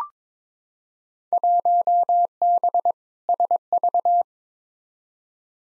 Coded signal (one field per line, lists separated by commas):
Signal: Morse code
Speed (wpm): 22 wpm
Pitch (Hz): 700 Hz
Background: none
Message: 1B SV